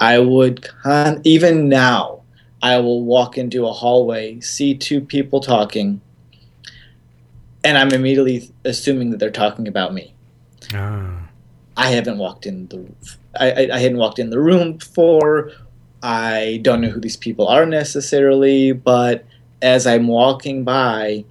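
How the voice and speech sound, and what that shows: An adult man speaks in mostly fluent phrases separated by long pauses, with a few stretched sounds and a tense 'I, I, I' repetition broken by throat catches before a self-correction. These are mild stuttering disfluencies in a person who stutters.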